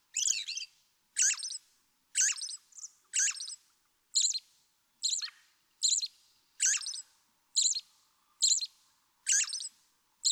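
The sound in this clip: American robin singing a long steady series of short high warbled phrases, about one per second, with a brief faint note between two of them.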